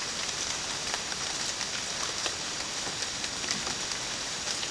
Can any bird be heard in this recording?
no